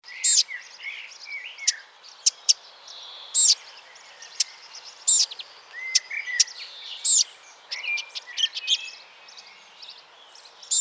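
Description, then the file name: Eurasian blackcap calls: abrupt clicking notes scattered throughout, mixed with whistled slurs and chirps over steady hiss. "Sylvia atricapilla"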